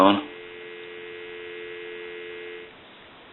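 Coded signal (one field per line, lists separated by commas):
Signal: telephone call progress tone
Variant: North America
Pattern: dial tone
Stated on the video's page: Tones from a candlestick telephone with rotary dial during initial checkout and repair.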